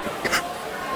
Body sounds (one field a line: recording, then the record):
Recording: coughing mixed with background sound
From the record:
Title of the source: 30 Chesty and wet cough